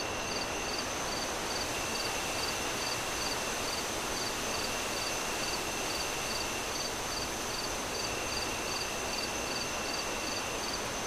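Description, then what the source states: Cricket chirps pulse rapidly and evenly, about two or three per second, above a broad, continuous rush of wind. Crickets chirping on a windy night as the moon rises, with wind howling through the trees.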